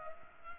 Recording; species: mosquito wingbeat signal from an infrared sensor; Culex pipiens